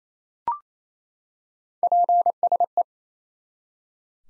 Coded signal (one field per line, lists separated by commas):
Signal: Morse code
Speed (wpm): 28 wpm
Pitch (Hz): 700 Hz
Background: none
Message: PSE